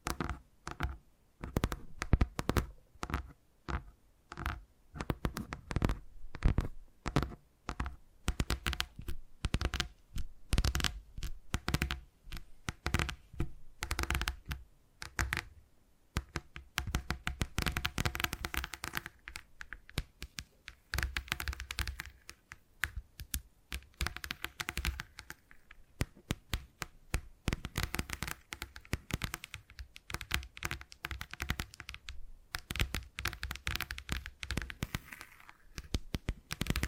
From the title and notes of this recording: ASMR Brain Tingly Tapping Sounds for Sleep (No Talking).